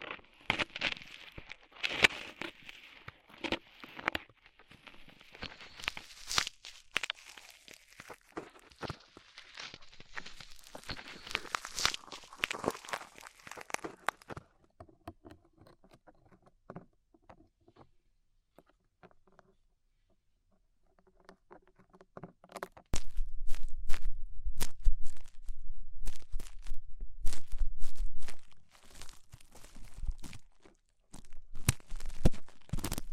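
Ear cleaning sounds with rhinestone and clay removal: dense crinkly scratching and tapping fill the first fourteen seconds. A sparser stretch of soft clicks and pulls follows, with near silence around twenty seconds. From about 23 seconds a low rumble joins busy, sharp crackles.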